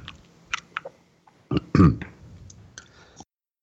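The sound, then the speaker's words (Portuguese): Someone takes a sip of a drink: a few small wet mouth clicks, then a louder gulping swallow and a short breathy exhale, with no talking. “Tava tomando um golinho aqui.”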